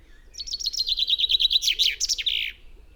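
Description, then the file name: Common chaffinch song, a fast descending trill of crisp notes ending in a terminal flourish, heard once. "Fringilla coelebs"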